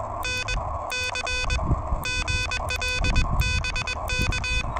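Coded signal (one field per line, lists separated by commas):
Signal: Morse code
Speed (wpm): 21 wpm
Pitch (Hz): 2500 Hz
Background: none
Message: NC GL BK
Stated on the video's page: Pedestrian mobile POTA hunting with an Elecraft KH1 keyed by a TinyPaddle adapter, amid urban QRM.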